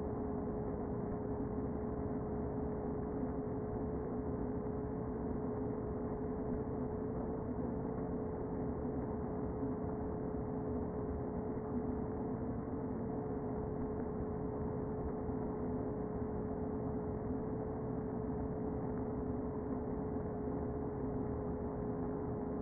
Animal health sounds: honeybee colony, microphone inside the hive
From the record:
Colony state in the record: queen present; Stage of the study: before two queens were removed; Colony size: about 60,000 bees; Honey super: yes

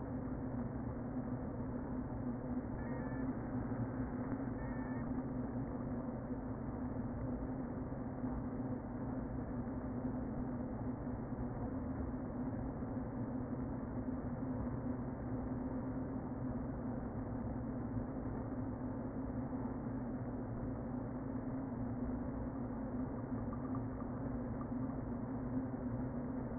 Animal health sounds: honeybee colony, microphone inside the hive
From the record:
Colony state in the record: queen present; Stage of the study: before two queens were removed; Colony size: about 60,000 bees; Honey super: yes

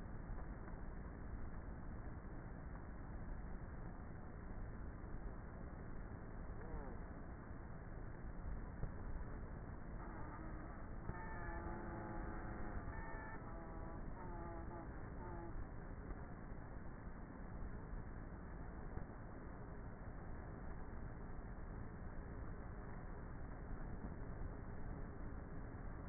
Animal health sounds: honeybee colony, microphone inside the hive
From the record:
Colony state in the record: queenless with a low population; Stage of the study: before two queens were removed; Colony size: about 30,000 bees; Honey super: no

